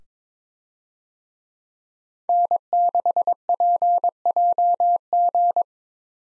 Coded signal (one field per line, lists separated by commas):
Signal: Morse code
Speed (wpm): 21 wpm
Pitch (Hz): 700 Hz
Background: none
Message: N6PJG